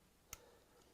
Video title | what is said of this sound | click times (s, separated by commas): This Knife By CMB Is Overall A Good One, Except This Exact One Specifically Is A Dud! | It's definitely clicking right there. | 0.3 s